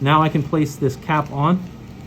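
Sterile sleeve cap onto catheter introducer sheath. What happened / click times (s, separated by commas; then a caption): Handled, not yet home: the cap has not seated / none. During transvenous pacemaker placement, a sterile sleeve cap is being handled for fitting onto the catheter introducer sheath with the catheter inside. Someone talks throughout the clip, and no distinct click is heard. Nothing has seated or clicked yet.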